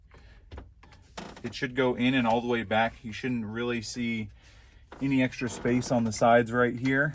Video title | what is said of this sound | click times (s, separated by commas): Ford Transit 250/350 stereo/climate control panel removal. | but as you heard when I pushed the bottom in there, it kind of pops into place. | 0.8 s, 1.2 s